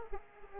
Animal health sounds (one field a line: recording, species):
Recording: mosquito wingbeat signal from an infrared sensor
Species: Aedes aegypti